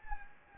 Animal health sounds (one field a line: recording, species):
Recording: mosquito wingbeat signal from an infrared sensor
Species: Anopheles gambiae